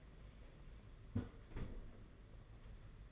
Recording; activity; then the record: daily activity, microphone in the room; close fridge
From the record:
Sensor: 4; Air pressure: 992.6 hPa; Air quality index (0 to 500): 167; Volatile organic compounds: 234 ppm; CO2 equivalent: 4318 ppm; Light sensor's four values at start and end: 19/65/24/25 and 19/66/24/25